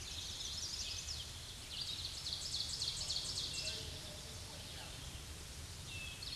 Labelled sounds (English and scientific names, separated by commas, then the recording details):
Ovenbird (Seiurus aurocapilla) song
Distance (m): 40 m
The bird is about 10 m above the microphone
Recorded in a Pennsylvania forest on 16 May 2024 at 06:47
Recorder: AudioMoth, point MSD-2429
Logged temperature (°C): 16.7 °C
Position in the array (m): 90 m, 38 m